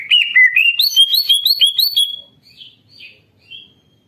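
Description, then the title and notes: Greater green leafbird song: a rapid run of bright, looping whistled notes rising and falling for about two seconds, then a few softer, scattered whistles trailing off. Greater green leafbird in full song (gacor), used to prompt other birds to sing. "Masteran & Pancingan Cucak Ijo Gacor. Burung Cucak Ijo"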